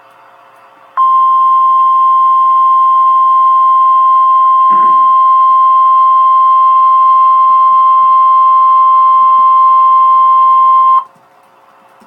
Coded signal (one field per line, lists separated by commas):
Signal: Emergency Alert System (SAME) tones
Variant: 1050 Hz attention tone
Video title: REAL EAS 1172-Severe Thunderstorm Warning